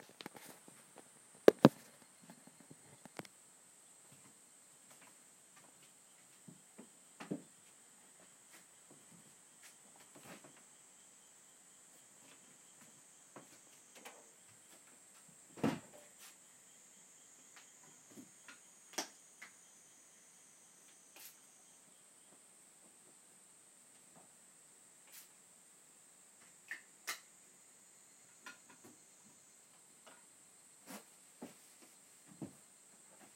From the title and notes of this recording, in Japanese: 田舎の夕方。トーク無し.音のみ.生活音。